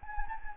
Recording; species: mosquito wingbeat signal from an infrared sensor; Anopheles gambiae